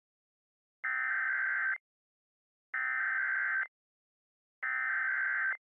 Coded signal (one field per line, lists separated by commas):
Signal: Emergency Alert System (SAME) tones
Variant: header bursts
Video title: TMYKs EAS Scenario Ionized (REUPLOAD)